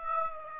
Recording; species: mosquito wingbeat signal from an infrared sensor; Aedes aegypti